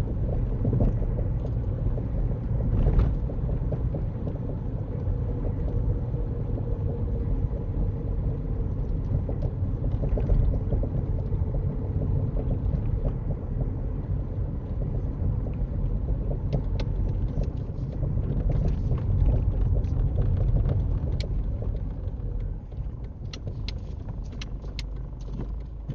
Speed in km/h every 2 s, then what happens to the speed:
44, 42, 42, 39, 39, 37, 35, 32, 29, 19, 11, 2, 0.
0-11 steady at about 39. 11-22 slows to 2. 22-26 standing.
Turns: none.